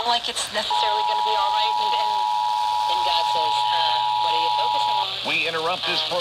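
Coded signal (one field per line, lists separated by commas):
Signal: Emergency Alert System (SAME) tones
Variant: 853 and 960 Hz attention tone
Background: speech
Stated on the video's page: Real Required Monthly Test for DC and North Anna quarterly test, received on many DC-area and Virginia radio and TV stations, relayed broadcast alerts.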